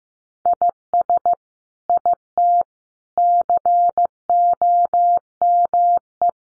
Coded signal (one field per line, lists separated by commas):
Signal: Morse code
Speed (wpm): 15 wpm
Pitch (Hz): 700 Hz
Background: none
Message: IS IT COME